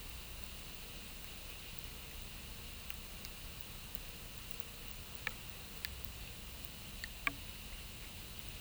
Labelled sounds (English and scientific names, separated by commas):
none